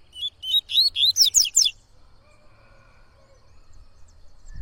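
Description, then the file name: Coleiro-baiano song phrase of about eight quick whistled notes rising in pitch, followed by low background rumble. Singing a lot; tui-tui song style. "Coleiro Baiano Cantando Muito Canto Tui Tui"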